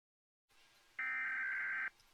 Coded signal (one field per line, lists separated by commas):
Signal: Emergency Alert System (SAME) tones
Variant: header bursts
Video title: SCP V11 Containment Breach EAS Scenario Part 1